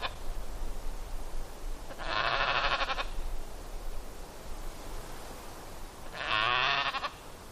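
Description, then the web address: Dall sheep bleating: two harsh, wavering bleats about four seconds apart, each lasting roughly a second, over a faint low background hiss. Recorded in Denali, Alaska, on 6 July 2011 at 06:48. "alaska MAMMALS 20110706 064839 Dall Sheep"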